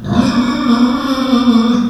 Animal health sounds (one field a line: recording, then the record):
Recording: squeal of a Yucatan mini pig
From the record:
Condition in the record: after surgery on the right vocal fold (resection and tissue-engineered implant)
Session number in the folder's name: 14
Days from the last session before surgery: 133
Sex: female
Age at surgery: 19 weeks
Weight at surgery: 25 kg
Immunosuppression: prednisolone